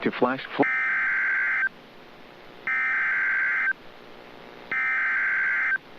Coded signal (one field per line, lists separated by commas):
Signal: Emergency Alert System (SAME) tones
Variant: header bursts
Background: speech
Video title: (EAS #18) Severe Thunderstorm Warning (4/16/2024)